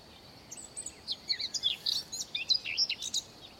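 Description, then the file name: Eurasian blackcap song: a rapid, chattering warble of varied high scratchy and whistled notes running for about three seconds, over a steady faint background hiss. "Sylvia atricapilla"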